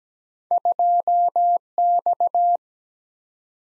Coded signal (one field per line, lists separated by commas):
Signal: Morse code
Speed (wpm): 17 wpm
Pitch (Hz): 700 Hz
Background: none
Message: 2X